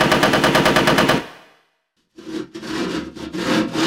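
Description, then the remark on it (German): Loud, rapid automatic fire from an AK-47 assault rifle: a fast rattling burst of shots, a brief silence, then another harsher, sustained burst. No one speaks. “Und eine echte AK-47.”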